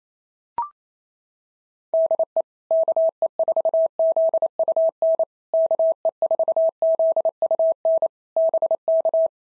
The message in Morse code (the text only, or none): DE KE4ZUN KE4ZUN BK